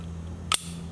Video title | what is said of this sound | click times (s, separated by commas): How to Switch from Pump Gas to E85 (Safe & Easy) | so basically if you guys see this thing pushes into this and it just locks into place | 0.5 s